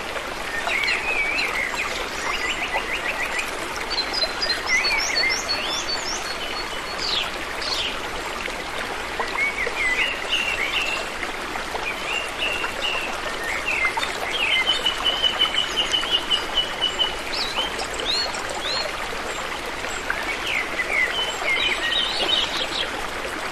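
Flowing water runs steadily throughout, a dense, even rushing that fills the lows and mids without letting up. Over it, birds chirp and trill in short bright bursts, scattered across the whole clip and a little louder around the middle.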